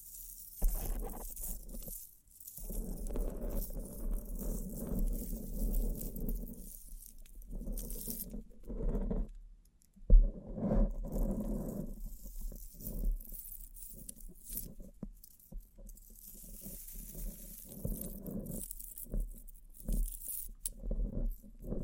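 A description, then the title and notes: Bling bling triggers: a run of soft jangling and scraping, like keys or coins being handled, with bright metallic shimmer in bursts. The rustling comes in uneven clusters with short quiet gaps near 2, 9 and 15 seconds, and a sharp knock around 10 seconds. Bling Bling Triggers.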